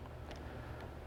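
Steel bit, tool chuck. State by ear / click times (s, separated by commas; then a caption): not seated / none. A driver bit is handled at the spring-loaded quick-release chuck of an impact driver, with a steady low hum and faint light ticks around 0.3 s and 0.8 s. Nothing has clicked or seated in the chuck yet.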